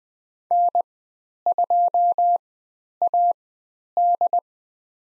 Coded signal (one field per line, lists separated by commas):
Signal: Morse code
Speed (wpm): 20 wpm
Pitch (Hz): 700 Hz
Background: none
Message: N2AD